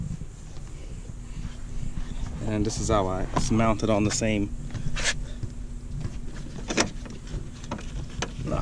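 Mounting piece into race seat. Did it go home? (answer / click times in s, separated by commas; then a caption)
yes / 8.2 s. Someone talks while a mounting piece, possibly the belt mount, is pushed into a Sabelt race seat for a Challenger Hellcat until it engages. A sharp click at 8.2 s marks the piece locking into place on the seat.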